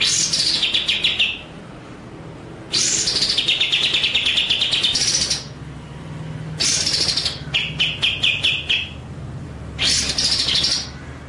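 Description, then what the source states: White-rumped shama song of harsh, sweeping phrases blended with fast rattling note runs, repeated four times with short pauses between. Masteran (training) song in the full ngerol nembak style.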